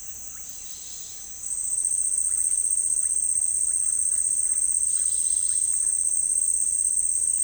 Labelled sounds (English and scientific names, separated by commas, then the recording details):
Russet-backed Oropendola (Psarocolius angustifrons)
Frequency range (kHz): Russet-backed Oropendola (Psarocolius angustifrons) 0.7-2.6 kHz
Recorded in dense forest near Puerto Asís, Putumayo, Colombia, on 20 February 2024 at 09:00
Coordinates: 0.484, -76.317
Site G6464